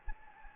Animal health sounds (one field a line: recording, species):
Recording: mosquito wingbeat signal from an infrared sensor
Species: Anopheles gambiae